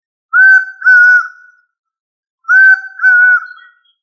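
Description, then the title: Bird song: two clear whistled phrases, each made of two steady, level notes, with a pause between them and no other sounds. "LuckyPassaro Completos2Sama"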